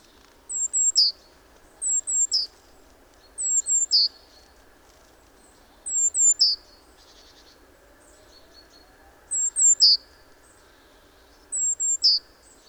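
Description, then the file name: Great tit calling: short bursts of two or three very high, thin notes dropping in pitch, repeated every few seconds over a soft steady hiss. "Parus major"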